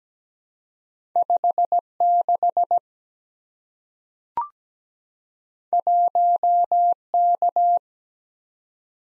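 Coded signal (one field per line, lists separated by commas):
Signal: Morse code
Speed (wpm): 17 wpm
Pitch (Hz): 700 Hz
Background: none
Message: 56 1K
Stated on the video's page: Morse code copy drill at 17 wpm of random two-character letter-number combinations, each sent in Morse, spoken, then sent again.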